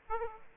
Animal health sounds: mosquito wingbeat signal from an infrared sensor; Aedes aegypti

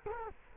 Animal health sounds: mosquito wingbeat signal from an infrared sensor; Culex quinquefasciatus

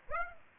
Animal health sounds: mosquito wingbeat signal from an infrared sensor; Aedes aegypti

